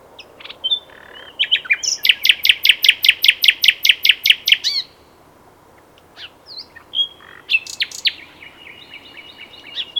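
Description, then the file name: Common nightingale song, a fast run of loud repeated notes lasting about three seconds, then a pause and further whistled and chattering phrases. "Luscinia megarhynchos"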